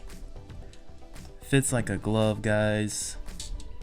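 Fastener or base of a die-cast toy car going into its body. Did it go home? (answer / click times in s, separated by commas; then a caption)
yes / 3.4 s. A fastener is screwed into the base of a die-cast toy car being reassembled after a wheel swap, and the car is pressed together into its body. Someone talks over faint background music while soft handling taps sound. A sharp click at 3.4 s marks the part seated, fully in and not coming out.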